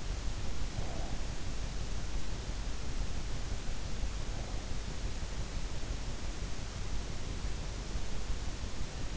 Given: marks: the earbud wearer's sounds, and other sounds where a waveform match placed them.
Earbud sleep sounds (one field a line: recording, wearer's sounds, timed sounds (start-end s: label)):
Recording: sounds in sleep by an in-ear microphone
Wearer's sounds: breath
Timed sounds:
0.58-1.38 s: breath